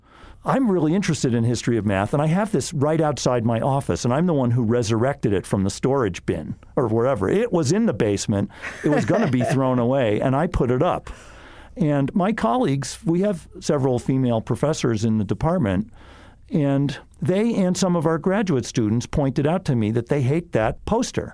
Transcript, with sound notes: I’m really interested in history of math, and I have this right outside my office, and I’m the one who resurrected it from the storage bin or wherever. It was in the basement.
[LAUGHS]
It was going to be thrown away, and I put it up. And my colleagues — we have several female professors in the department, and they and some of our graduate students pointed out to me that they hate that poster,